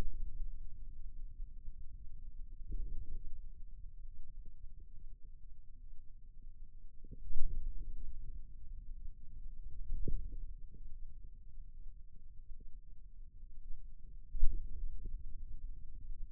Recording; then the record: forearm muscle sounds (acoustic myography)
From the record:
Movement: wrist flexion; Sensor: system 2, bracelet of six BSWA MPA416 microphones around the upper forearm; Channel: 1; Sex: male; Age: 22 years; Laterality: right